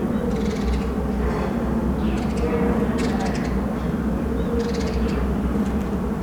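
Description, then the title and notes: Honey bees humming in a constant low swarm buzz. Thousands of insects, mostly honey bees, in a fully flowering cherry tree at Sunday noon during the Corona lockdown, Schwartzkopffstraße, Berlin, Germany. "Schwartzkopffstraße 7c, 10115 Berlin, Germany - Kirschbaum mit Bienen und anderen Insekten. Ein Sonntagmittag während des Corona-Lockdowns, ein Kirschbaum in voller Blüte mit, offenbar, Tausenden Insekten, vor allem Honigbienen"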